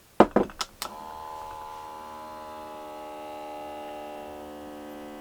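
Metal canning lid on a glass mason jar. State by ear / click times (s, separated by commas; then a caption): not seated / none. A MasonKing M1 electric mason jar vacuum sealer is handled over a metal canning lid on a glass mason jar. A few sharp knocks land at about 0.2, 0.4 and 0.6 seconds, and then a steady motor hum with strong tonal harmonics runs to the end. The lid has not clicked down or sealed yet.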